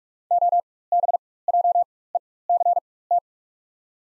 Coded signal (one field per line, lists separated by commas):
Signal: Morse code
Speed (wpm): 45 wpm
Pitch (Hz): 700 Hz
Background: none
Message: OBJECT